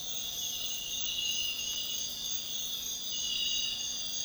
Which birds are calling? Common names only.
none